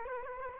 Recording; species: mosquito wingbeat signal from an infrared sensor; Culex quinquefasciatus